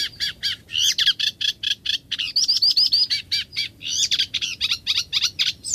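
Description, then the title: Eurasian reed warbler song: rhythmic chattering of grating notes, delivered continuously in a jerky, repetitive pattern. Song described as chattily rhythmic, with even rough notes repeated two or three times, mixed with mimicry and whistles. "Viikon luontoääni: Rytikerttunen"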